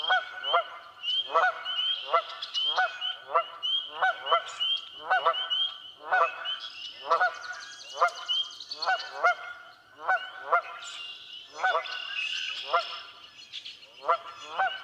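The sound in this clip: Canada goose flock honking steadily, overlapping nasal honks from several birds in quick succession throughout, with higher calls mixed in.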